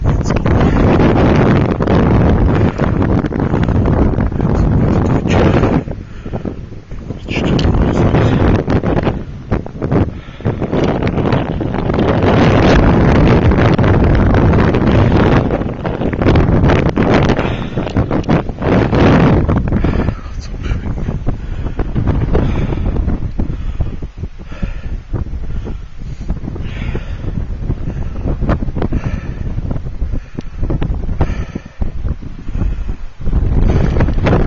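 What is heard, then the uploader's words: Heavy wind buffets the microphone throughout a run down a huge sand dune toward the sea, a dense, roaring low rumble with constant gusting. Sharp thumps and scuffs of feet in sand come irregularly, with the roar easing slightly after twenty seconds. Dune du Pilat - Europes biggest sand dune near Arcachon, Bordeaux in France. Run down the flat side of the Dune du Pilat in France near Bordeaux in my holidays towards the sea at sunset. A flat side about 40 degrees flat, facing the sea.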